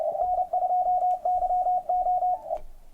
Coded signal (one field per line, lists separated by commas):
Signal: Morse code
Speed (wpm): 29 wpm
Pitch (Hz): 730 Hz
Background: radio noise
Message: N2YO